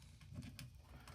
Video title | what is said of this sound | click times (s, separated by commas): Restoring a Tonka AA Wrecker! | snaps in place. | 0.6 s